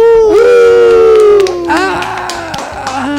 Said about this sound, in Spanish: Venga. Recibid con un fuerte aplauso a Quique Santander.